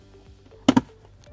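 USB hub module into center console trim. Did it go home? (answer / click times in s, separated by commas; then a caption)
yes / 0.7 s, 0.8 s. A replacement plastic USB hub module for a Tesla Model 3 or Model Y is pivoted around and pressed back into its opening in the center console trim. Two sharp, loud snaps are heard at 0.7 s and 0.8 s over a quiet background hum. The module snaps into place and is seated.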